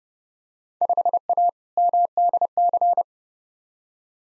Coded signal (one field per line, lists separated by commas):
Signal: Morse code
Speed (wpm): 32 wpm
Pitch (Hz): 700 Hz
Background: none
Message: 5A MDC